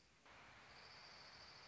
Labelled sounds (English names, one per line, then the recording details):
Orange-crowned Warbler
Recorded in Sonoma County, California